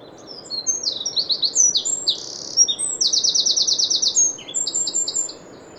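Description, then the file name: Eurasian wren singing a loud, high-pitched run of mixed whistles and chips, broken by a long rattling trill in the middle and another trill near the end. "Troglodytes troglodytes"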